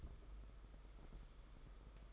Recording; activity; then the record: daily activity, microphone in the room; take from stove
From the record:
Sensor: 5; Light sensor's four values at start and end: 33/104/40/43 and 33/105/40/43